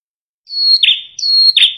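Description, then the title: Prinia call given twice: a thin, level high whistle sliding into a lower, raspy buzz, each phrase lasting under a second. Red-headed prenjak lure sound used for trapping birds. "Suara Pikat Prenjak Kepala Merah Asli Merdu"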